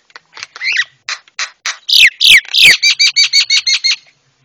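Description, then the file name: Javan myna song: scattered chirps building into loud downslurred whistles, then a steady run of several clipped, evenly spaced notes. Used to train cage birds; myna described as white-eyed (mata putih). "masteran jalak kebo mata putih"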